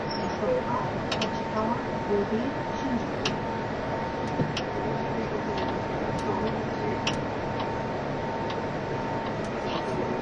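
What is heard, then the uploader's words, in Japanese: Inside an express train under way: a steady, dense rumble with a faint whining tone and sharp clicks of wheels over rail joints every second or two. E351系 Sあずさ18号03 八王子～新宿。全車引退したJR東日本唯一の振り子式車両であったE351系、速達運用だったSあずさを収録したものです。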